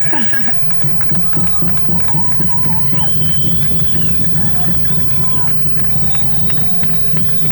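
A crowd claps steadily for several seconds, a dense crackling wash of applause with shouts, cheers and a few high whistles rising over it.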